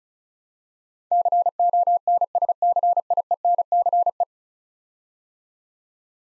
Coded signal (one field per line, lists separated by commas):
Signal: Morse code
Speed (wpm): 36 wpm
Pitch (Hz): 700 Hz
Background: none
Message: CONSCIENCE